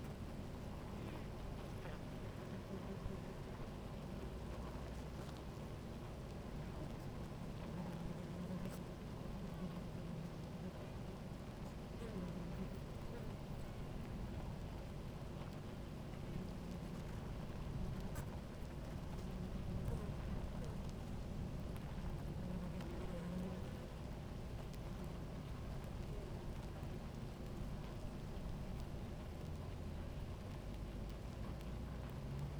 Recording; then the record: honeybee colony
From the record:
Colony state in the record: active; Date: 28 July 2017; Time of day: 17:13